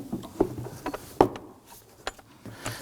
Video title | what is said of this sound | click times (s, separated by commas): How to Replace Spark Plugs 2005-2009 Subaru Legacy 2.5L H4 | A little clips popped off there, snapped it into place. | 1.2 s